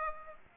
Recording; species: mosquito wingbeat signal from an infrared sensor; Aedes aegypti